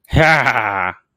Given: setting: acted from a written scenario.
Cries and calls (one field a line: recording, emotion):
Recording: vocal sound without words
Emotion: elation